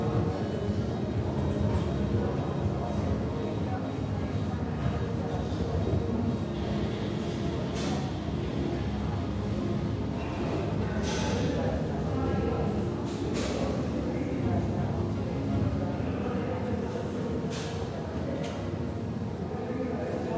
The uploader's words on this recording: Iron Beats and Treadmill Rythm - Energizing and Soothing Ambiance of a Gym. Weight clinks and treadmill swooshes create a unique ambience, offering a sense of calm amidst the hustle.